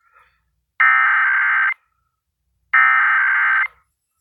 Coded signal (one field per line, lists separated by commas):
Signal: Emergency Alert System (SAME) tones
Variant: header bursts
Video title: 4 Pennsylvania EAS Required Monthly Tests (11/15/18) (EAS #6-9)